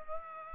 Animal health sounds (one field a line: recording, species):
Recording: mosquito wingbeat signal from an infrared sensor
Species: Aedes aegypti